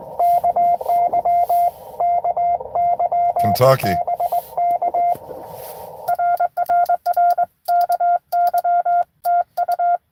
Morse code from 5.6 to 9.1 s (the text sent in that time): RRR KY